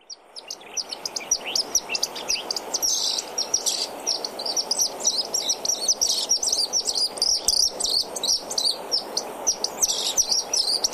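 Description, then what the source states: Pied Kingfisher chatter: continuous high, squeaky twittering notes tumbling over one another for the whole stretch, over a steady low rushing background. Among kingfishers one of the loudest and most talkative.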